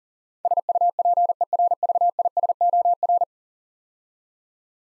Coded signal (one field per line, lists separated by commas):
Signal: Morse code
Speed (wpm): 40 wpm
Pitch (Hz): 700 Hz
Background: none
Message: SUPERVISOR